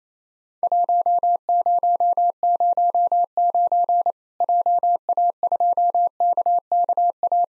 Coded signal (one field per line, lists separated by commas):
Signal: Morse code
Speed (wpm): 28 wpm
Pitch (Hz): 700 Hz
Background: none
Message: 1009 JA2KKA